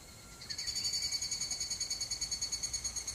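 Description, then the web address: Higurashi cicada song bursting in after half a second, a loud high ringing trill pulsing rapidly. "kanakana higurashi"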